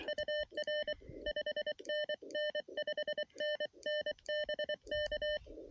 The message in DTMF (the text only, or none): none